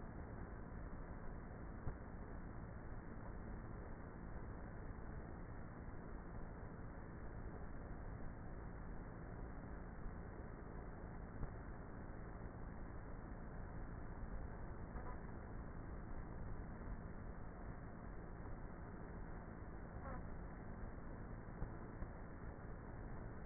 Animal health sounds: honeybee colony, microphone inside the hive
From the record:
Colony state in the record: queenless with a low population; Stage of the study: before two queens were removed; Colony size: about 30,000 bees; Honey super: no

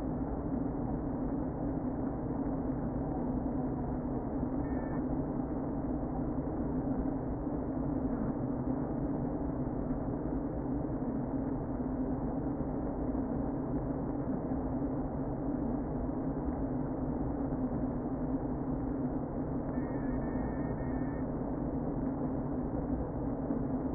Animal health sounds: honeybee colony, microphone inside the hive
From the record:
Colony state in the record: queen present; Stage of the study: before two queens were removed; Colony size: about 60,000 bees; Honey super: yes

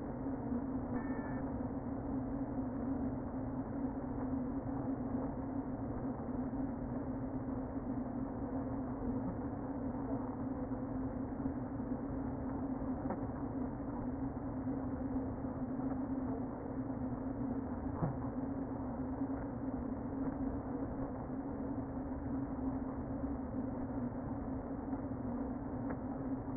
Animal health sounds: honeybee colony, microphone inside the hive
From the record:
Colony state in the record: queen present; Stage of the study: before two queens were removed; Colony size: about 60,000 bees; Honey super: yes

